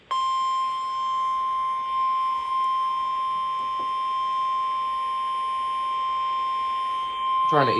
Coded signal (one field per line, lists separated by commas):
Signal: Emergency Alert System (SAME) tones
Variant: 1050 Hz attention tone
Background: speech